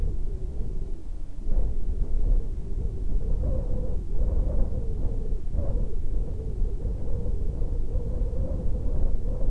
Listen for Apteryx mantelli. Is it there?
no